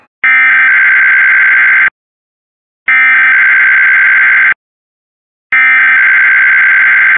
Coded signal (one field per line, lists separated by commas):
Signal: Emergency Alert System (SAME) tones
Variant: header bursts